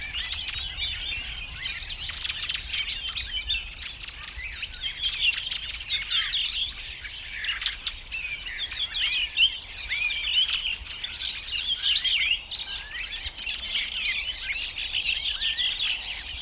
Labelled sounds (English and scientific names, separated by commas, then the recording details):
Redwing (Turdus iliacus) song
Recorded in the wild
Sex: group
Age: adult
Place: Lüdersdorf, Barnim, Brandenburg, DE
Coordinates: 52.9222, 14.0772
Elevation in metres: 53
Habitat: copse
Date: 2006-04-13 19:24
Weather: overcast, 10°C, almost no wind
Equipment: Marantz PMD 671, Sennheiser MKH 70, Popschutz
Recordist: Frommolt, Karl-Heinz